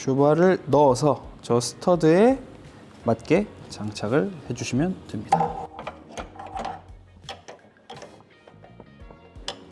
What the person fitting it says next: 이렇게 딱 소리가 나게끔 체결을 해 주시면 되고요.